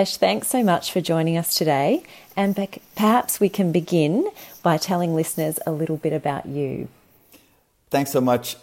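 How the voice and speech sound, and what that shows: A woman speaks fluently with smooth, clear voicing and natural pauses in ordinary adult speech; after a short silence, another voice starts briefly.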